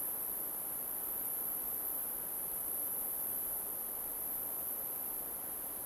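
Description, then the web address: Continuous cricket stridulation, a thin high steady whine without pauses, accompanied by low diffuse ambient hiss. Crickets in an alpine forest. "Sonniss - GDC 2018-Game Audio Bundle Soundrangers - Nature Ambience forest alpine crickets"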